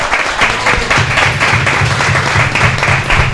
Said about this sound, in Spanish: Así que les quiero pedir un fuerte aplauso.